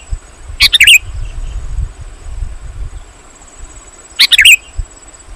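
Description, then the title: Sooty-headed bulbul song: two short bubbly, chirping phrases about three and a half seconds apart, over a steady high-pitched whine and faint low rumble. "kutilang"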